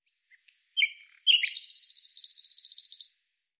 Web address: cianscape birddata Deverinetal 2025 Bird Lu Me Lu Me